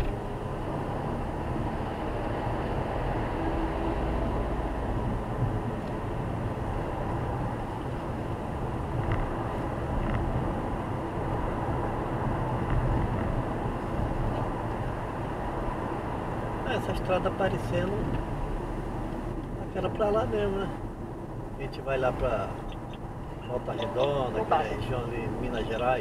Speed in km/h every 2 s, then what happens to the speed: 87, 93, 99, 101, 103, 102, 102, 100, 93, 84, 81, 80, 76.
0-4 speeds up to 99. 4-12 steady at about 102. 12-26 slows to 76.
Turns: none.